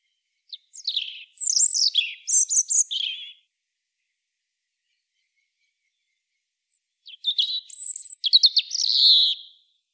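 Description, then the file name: European robin with two sweet, jumbled song phrases of high whistles and trills, separated by about four seconds of silence. "Erithacus rubecula"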